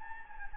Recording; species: mosquito wingbeat signal from an infrared sensor; Anopheles gambiae